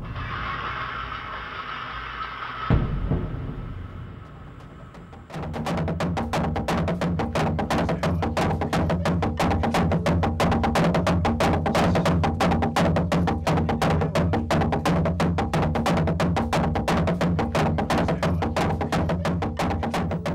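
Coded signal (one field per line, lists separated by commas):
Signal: drum signal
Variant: garamut slit drums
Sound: fast continuous pounding of large wooden slit drums with deep resonant thuds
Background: ambient noise at start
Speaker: As soon as the sun sets, the enormous garamuts announce the start of the ceremony.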